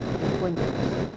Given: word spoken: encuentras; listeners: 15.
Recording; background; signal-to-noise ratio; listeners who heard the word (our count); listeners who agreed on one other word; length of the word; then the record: one Spanish word in noise, from a listening test; noise modulated by three-talker babble; -5.7 dB; 0 of 15; 7 of 15; 0.77 s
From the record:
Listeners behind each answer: 7, 3, 2, 2, 1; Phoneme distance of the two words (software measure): 41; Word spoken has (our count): 3 syllables, 10 phonemes, stress on syllable 2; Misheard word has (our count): 2 syllables, 7 phonemes, stress on syllable 1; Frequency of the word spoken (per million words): 4.83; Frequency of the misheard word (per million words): 12.37